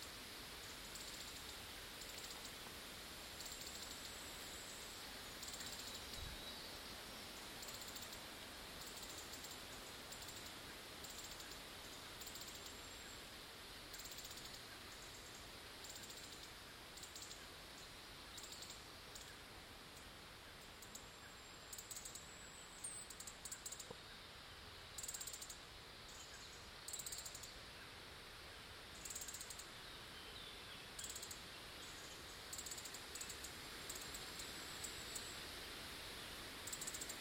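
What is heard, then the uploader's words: A steady outdoor hush of swaying trees and light gusts, with a constant high insect-like shimmer and faint chirps pulsing overhead. Almond Break in Eucalyptus Grove. Sitting in the dirt, nibbling almonds, a gust here, a gust there, swaying trees, chirps. In Situ Season 1 episodes are 5 minutes of ambient sound recorded along del Norte, the northern coastal route of the Camino de Santiago network of pilgrimage paths converging in Spain. These tiny meditations are made with binaural microphones, creating an immersive hyper-realistic listening experience.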